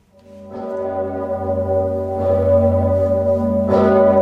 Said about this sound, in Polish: Uroczystości pogrzebowe rozpoczęły się wczoraj. Na Wawelu duchownego żegnała rodzina, tłumy krakowian, przedstawiciele episkopatu, działacze społeczni i politycy. Zabrzmiał dzwon Zygmunta.